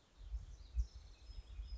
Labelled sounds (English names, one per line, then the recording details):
House Wren
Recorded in Sonoma County, California